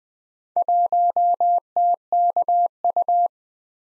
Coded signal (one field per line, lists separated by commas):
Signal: Morse code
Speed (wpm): 22 wpm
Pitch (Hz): 700 Hz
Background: none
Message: 1TKU